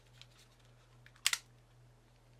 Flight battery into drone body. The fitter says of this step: till it clicks you'll